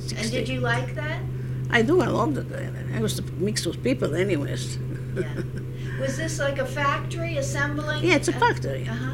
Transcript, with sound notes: And did you like that?
I do. I loved it. I was mixed with people anyways. (she laughs)
Yeah. Was this like a factory, assembling...
Yeah, it's a factory.
Uh-huh.